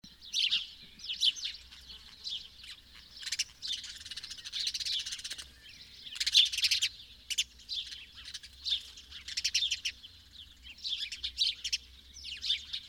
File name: Passer domesticus